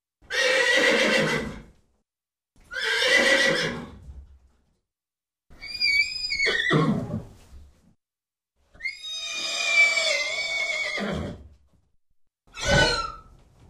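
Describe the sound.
Horse whinnying in five bursts over about fourteen seconds, loud shaky neighs with wavering high tones.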